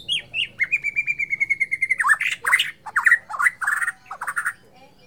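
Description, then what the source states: White-rumped shama song: a few short notes, then a steady trilled whistle held for over a second, followed by loud varied slurred and harsh phrases in quick succession. Murai Borneo type from Borneo; bird named Mas Kiki.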